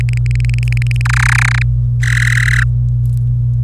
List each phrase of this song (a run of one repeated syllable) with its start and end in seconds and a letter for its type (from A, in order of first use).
0.01-1.01 A, 1.05-1.62 B, 2.03-2.63 C